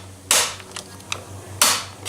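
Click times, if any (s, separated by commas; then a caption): 0.3 s, 1.1 s, 1.6 s. The tightening dial on a roof rack tower clamp for a Toyota Tacoma is turned until it snaps three times, at 0.3, 1.1 and 1.6 seconds, with the first and last snaps sharp and loud. Fainter clicks fall between and after them. The three snaps signal that the tower is tight enough and in place.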